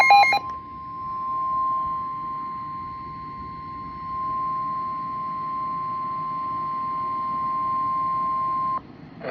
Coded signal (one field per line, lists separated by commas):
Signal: Emergency Alert System (SAME) tones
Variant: 1050 Hz attention tone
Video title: EAS #26 - CONSIDERABLE Severe Thunderstorm Warning for Southern DFW (June 1, 2025)